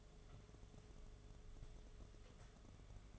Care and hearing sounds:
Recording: daily activity, microphone in the room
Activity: take from stove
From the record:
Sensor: 4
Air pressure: 1011.1 hPa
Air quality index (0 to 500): 141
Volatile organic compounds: 3 ppm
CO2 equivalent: 1441 ppm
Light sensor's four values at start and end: 220/574/242/254 and 218/569/240/251

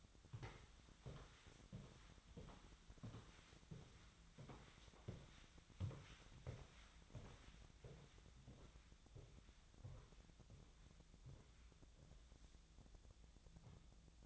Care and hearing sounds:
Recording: daily activity, microphone in the room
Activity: walk to room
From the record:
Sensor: 3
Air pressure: 1010.1 hPa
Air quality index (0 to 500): 178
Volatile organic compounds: 12 ppm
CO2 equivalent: 2328 ppm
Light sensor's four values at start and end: 40/98/43/46 and 41/102/44/48

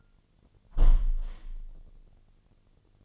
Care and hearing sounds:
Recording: daily activity, microphone in the room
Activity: close window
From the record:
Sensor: 4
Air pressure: 1007.2 hPa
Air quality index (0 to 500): 189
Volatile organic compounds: 6 ppm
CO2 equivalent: 1878 ppm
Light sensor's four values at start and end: 23/73/28/27 and 23/73/28/27

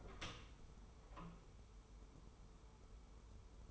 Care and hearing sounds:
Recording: daily activity, microphone in the room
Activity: open door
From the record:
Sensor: 1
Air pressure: 1015.2 hPa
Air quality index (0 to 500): 155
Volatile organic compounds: 9 ppm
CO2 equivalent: 2149 ppm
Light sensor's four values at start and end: 14/33/14/15 and 14/33/14/15

